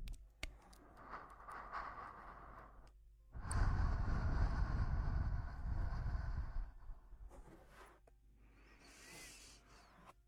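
Close breathing right at the ear, a long loud blown breath from about three to seven seconds, then softer airy puffs and a faint click.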